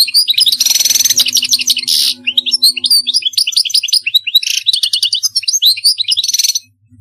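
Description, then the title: European goldfinch song, a continuous rapid jumble of tinkling twitters, buzzy trills and bright whistled notes, stopping abruptly near the end. "Chant Chardonneret"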